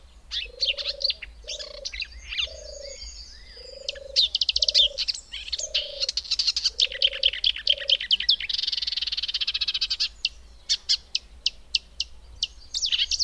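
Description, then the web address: Marsh warbler singing a rapid jumble of scratchy trills and sharp whistles. A low note, regularly repeated, runs under the first eight seconds, then the song continues alone in a brisk chatter. "agykontroll Madardalok Cd 2. Énekes nádiposzáta"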